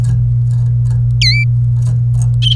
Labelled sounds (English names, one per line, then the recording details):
Domestic Canary song
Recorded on 27 April 2018 at 10:12
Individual llb3